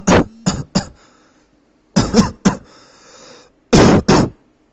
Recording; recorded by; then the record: voluntary cough; messaging app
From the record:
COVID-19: negative